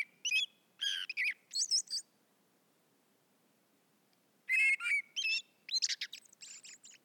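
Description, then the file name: Common blackbird song: two bursts of varied whistled and twittering notes, the first lasting about two seconds, then a pause of over two seconds before a longer second burst. "Turdus merula"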